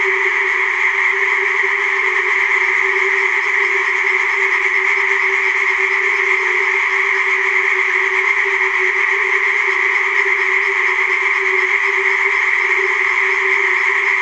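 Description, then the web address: Tree frog chorus, a loud, continuous wall of sound from many frogs, steady from start to finish. Chorus of tree frogs in a forest. "Tajemnice puszczy Koncert rzekotek"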